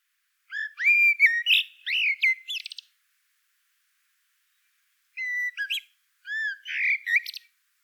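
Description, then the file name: Common blackbird singing a long rich warbled phrase with a high twittering end, then more warbled phrases after a pause; nothing else audible. "Turdus merula"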